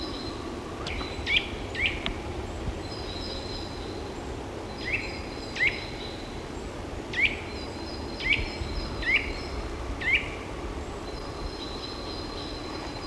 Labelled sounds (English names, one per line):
Eurasian Nuthatch song